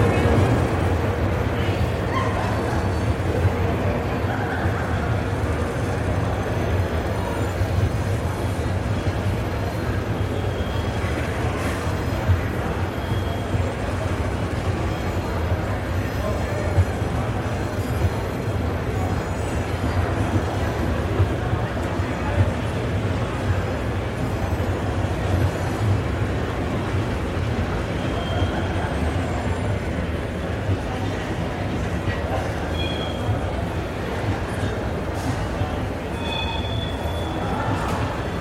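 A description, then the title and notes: A busy train station hums with a steady, dense wash of low rumbling from trains and machinery across the whole stretch. Voices murmur throughout, with occasional brighter clinks, squeals and short tones poking out, while the overall level stays even from start to finish. Busy Train Station - White Noise. The noise of a busy and bustling train station.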